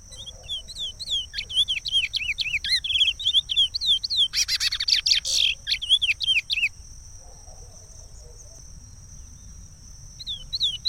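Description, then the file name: Chestnut-bellied seed finch singing a rapid, flowing series of slurred whistles with a brief harsh buzzy burst midway, then a pause and a fresh start; constant high-pitched tone behind. "canto do curio"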